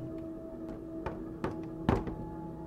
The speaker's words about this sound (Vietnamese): Được một hồi thì nó gõ cửa.